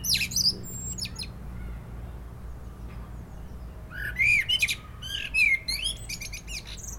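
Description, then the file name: Common blackbird singing, a brief high twitter at the start, then after a quiet gap a mellow warbled phrase tailing into rapid high squeaky notes. "Turdus merula"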